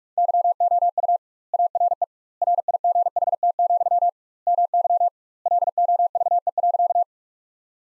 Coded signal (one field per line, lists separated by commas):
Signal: Morse code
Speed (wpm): 42 wpm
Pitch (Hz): 700 Hz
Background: none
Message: YOU ARE RIGHT, MY LOVE.